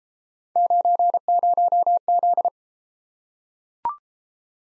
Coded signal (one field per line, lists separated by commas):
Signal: Morse code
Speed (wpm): 31 wpm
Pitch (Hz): 700 Hz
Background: none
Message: 90Z